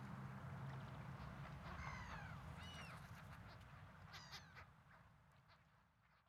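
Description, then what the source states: Gull calls: a few downward-slurred cries with harmonics, one after another, then a sharper burst later, over a steady low rumble. At a waterfront on a Saturday.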